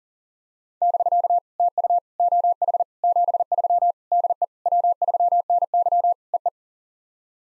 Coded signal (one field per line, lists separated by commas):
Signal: Morse code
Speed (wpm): 40 wpm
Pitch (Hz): 700 Hz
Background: none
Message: <BK> TU OH 73 DE W3NY EE